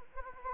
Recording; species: mosquito wingbeat signal from an infrared sensor; Anopheles arabiensis